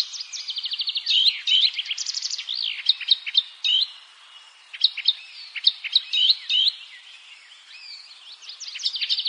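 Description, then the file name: Eurasian blackcap song with quick buzzy rattles and repeated sharp chip notes in bursts, separated by short pauses, followed by more varied twittering. "Sylvia atricapilla"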